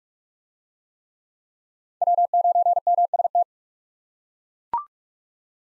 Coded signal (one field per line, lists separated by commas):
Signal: Morse code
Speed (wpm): 41 wpm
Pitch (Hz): 700 Hz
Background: none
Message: W9MST